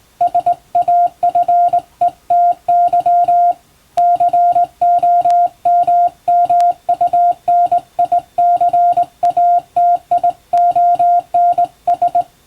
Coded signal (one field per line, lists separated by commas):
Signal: Morse code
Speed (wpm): 20 wpm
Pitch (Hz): 700 Hz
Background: music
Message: SAFETY COMMUNICATIONS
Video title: 今では貴重！縦振り電鍵で打つモールス無線電報。かつて無線通信士という職業がありました。船と陸とをつなぐ唯一の重要な仕事でした。今でも遠洋漁業無線で使われています。morse code practice